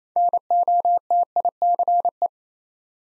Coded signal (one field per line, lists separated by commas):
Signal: Morse code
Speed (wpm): 28 wpm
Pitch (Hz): 700 Hz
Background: none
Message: NOTICE